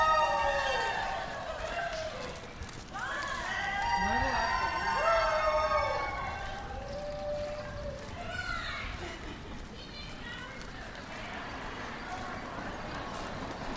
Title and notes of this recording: Sounds of Eastern Market and Capitol Hill. A walk through Capitol Hill to pick up a baguette at Eastern Market